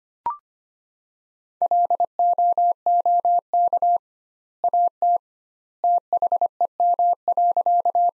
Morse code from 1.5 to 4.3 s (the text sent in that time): LOOK